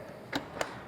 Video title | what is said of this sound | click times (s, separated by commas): How to Install a Rack and Top Case on a Genuine Buddy Scooter | so you can just push pops it open | 0.4 s, 0.6 s